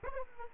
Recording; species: mosquito wingbeat signal from an infrared sensor; Aedes aegypti